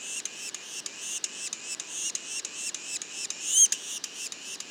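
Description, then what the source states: Yellow-bellied sapsucker juveniles giving a steady run of nasal rising notes, about three per second, with a louder note near the end. Juveniles, Mont-Orford National Park, Quebec, Canada; mono recording.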